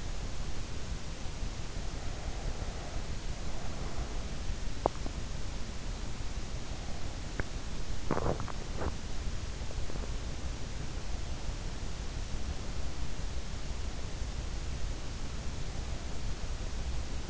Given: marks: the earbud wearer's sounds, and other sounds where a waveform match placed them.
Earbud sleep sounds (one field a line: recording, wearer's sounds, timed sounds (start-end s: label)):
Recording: sounds in sleep by an in-ear microphone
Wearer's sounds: breath, swallowing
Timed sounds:
1.72-4.32 s: breath
7.30-10.29 s: swallowing